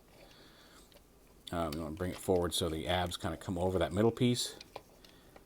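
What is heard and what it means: A plastic part of a Mastermind Creations R-48P Optus Prominon transforming robot figure is brought forward so the ABS pieces come over the middle piece, on its way into a slot on the torso, while someone talks. Faint handling ticks follow at about 4.8, 5.1 and 5.4 seconds, but nothing has seated or clicked yet.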